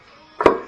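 A torque converter is rotated and pushed onto the transmission input shaft during a VW Touareg V10 TDI swap, and it gives its third click at 0.4 seconds with a quick second knock right after. This confirms the converter has dropped fully home and is seated on the transmission.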